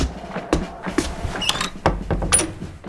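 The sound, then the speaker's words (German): A door in Kandahar is pulled shut with a series of dull knocks and latch clicks, plus a couple of short, high metallic squeaks in between. “Schließen Sie die Tür und stehen Sie bequem.”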